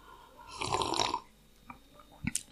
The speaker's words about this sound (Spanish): voy a darle un sorbito, perdonadme, porque ya me estoy quedando un poco ronquito. Un sorbito a mi café negro, que me alegro.